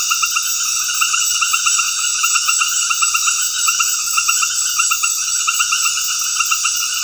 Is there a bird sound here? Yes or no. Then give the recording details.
no. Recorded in dense forest near Puerto Asís, Putumayo, Colombia, on 19 February 2024 at 20:30. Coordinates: 0.496, -76.326. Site G6383